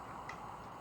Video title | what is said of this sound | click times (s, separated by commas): Bixpy Jet Kayak Motor Unboxing! Why Motorize? | make sure it clicks. | 0.3 s